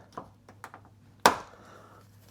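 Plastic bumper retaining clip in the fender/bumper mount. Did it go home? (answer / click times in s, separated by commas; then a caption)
released / 1.3 s. A hidden plastic retaining clip that holds the front bumper of a 2018–2021 Subaru WRX STI to the fender area is pressed in. A few faint ticks and taps come first, then the clip lets go with a sharp, loud snap at 1.3 s. The clip is released and can be lifted out with the tool or by hand.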